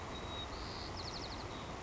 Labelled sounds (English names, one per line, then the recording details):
White-crowned Sparrow
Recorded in Sonoma County, California